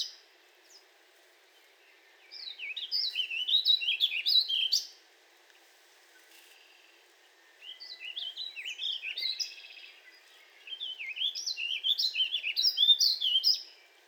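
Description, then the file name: Warbling vireo singing three hurried warbles of slurred high notes, each roughly two to three seconds, separated by pauses. "Warbling Vireo 2 minutes of singing"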